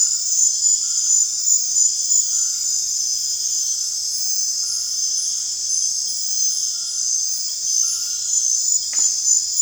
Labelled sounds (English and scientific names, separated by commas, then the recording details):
none
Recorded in dense forest near Puerto Asís, Putumayo, Colombia, on 29 June 2025 at 20:30
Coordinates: 0.468, -76.322
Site GP03